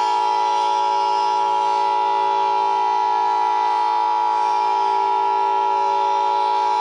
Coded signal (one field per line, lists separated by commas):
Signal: Emergency Alert System (SAME) tones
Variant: 853 and 960 Hz attention tone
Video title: DAYLIGHT: An EAS Mock